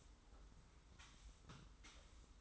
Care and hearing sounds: daily activity, microphone in the room; sweep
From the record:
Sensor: 3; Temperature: 25.5 degrees Celsius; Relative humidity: 43.4%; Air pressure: 990.4 hPa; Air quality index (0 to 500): 196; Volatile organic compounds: 1000 ppm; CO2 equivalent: 6413 ppm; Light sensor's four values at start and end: 44/104/42/40 and 44/104/42/40

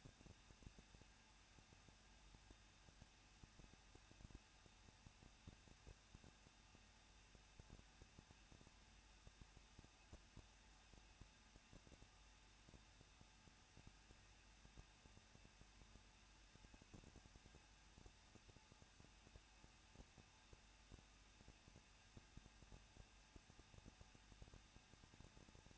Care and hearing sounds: daily activity, microphone in the room; no activity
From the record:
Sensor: 2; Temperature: 21.0 degrees Celsius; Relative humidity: 37.3%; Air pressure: 1006.4 hPa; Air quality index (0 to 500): 220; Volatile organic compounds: 23 ppm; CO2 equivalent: 2779 ppm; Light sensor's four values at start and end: 2/3/2/2 and 2/3/2/2

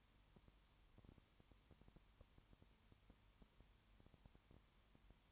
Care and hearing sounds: daily activity, microphone in the room; no activity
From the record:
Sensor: 3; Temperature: 21.1 degrees Celsius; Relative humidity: 37.0%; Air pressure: 1010.6 hPa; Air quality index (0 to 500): 204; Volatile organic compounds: 31 ppm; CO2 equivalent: 2983 ppm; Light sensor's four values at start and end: 2/3/2/2 and 2/3/2/2

